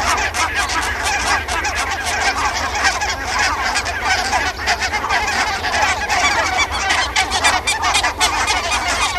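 Barnacle goose flock giving a continuous mass of sharp, yelping honks, calls overlapping thickly throughout.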